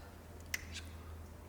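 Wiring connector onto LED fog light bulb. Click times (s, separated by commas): 0.5 s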